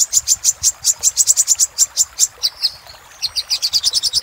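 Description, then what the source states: Little spiderhunter: a fast string of thin, very high chips, a brief pause, then another quick run. Used for training cage birds.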